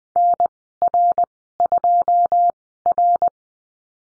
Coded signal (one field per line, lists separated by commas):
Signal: Morse code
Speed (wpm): 20 wpm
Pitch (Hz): 700 Hz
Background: none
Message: NR2R